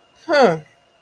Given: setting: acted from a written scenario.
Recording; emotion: vocal sound without words; interest